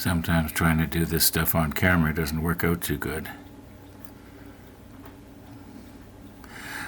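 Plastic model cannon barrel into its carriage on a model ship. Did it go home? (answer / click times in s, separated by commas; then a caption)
no / none. Someone talks for the first three seconds, then low, quiet handling follows as a trimmed plastic cannon barrel is pushed down into its carriage on a model ship, with only a faint tick near the end. The barrel fails to snap into place, and nothing has seated or clicked yet.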